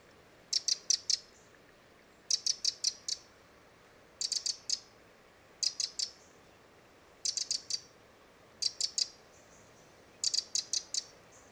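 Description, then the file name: Eurasian wren calling in clusters of three to five sharp, clicking ticks, each cluster repeated about every one and a half to two seconds. "Troglodytes troglodytes"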